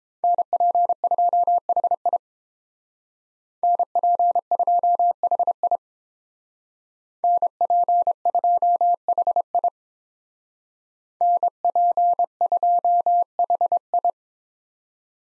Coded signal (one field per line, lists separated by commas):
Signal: Morse code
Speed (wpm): 28 wpm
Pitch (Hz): 700 Hz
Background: none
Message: NP2HI NP2HI NP2HI NP2HI